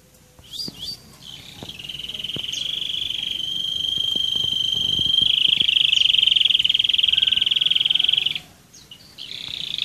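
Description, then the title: Roller canary song: a long, steady rolling trill that builds in volume over several seconds, then breaks off into short notes. "kenari roller"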